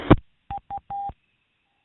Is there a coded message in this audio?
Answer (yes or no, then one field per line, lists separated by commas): no